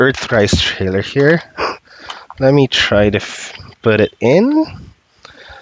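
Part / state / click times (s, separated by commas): toy trailer into truck trailer port / not seated / none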